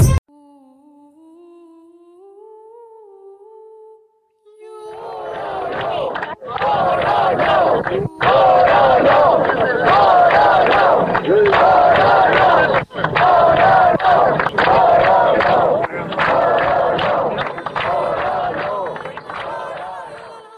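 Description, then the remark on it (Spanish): Hundreds of people at a demonstration on the pier of Tapia de Casariego, Asturias, chant loudly in unison "oro no", a dense roar of many voices sustained for about fifteen seconds with brief breaks, preceded by a quieter, rising tonal call. “El sábado 16 de agosto, en el muelle de Tapia de Casariego, en Asturias, se juntaron cientos de personas durante una manifestación gritando al unísono un rotundo oro no.”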